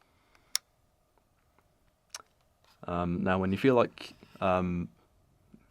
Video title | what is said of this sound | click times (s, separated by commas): FX30 Guides Episode 8: Kit Lens and Changing Lenses | And we just want to twist it clockwise until we hear a click. | 0.6 s